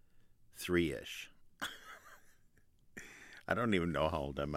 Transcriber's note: laughter